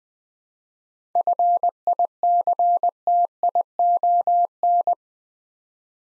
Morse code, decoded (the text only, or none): FICTION